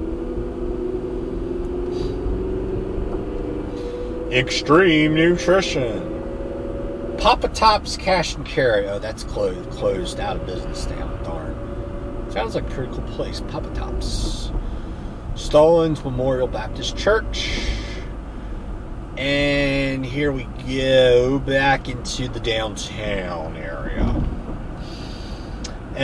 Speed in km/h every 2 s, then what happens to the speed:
42, 48, 53, 58, 56, 58, 60, 58, 60, 60, 61, 64, 68.
0-6 speeds up to 58. 6-19 steady at about 58. 19-26 speeds up to 68.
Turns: none.